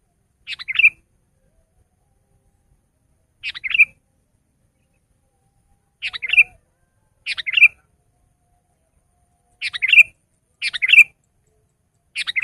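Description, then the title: Sooty-headed bulbul song: seven short bubbly chirped phrases at irregular intervals. "kutilang"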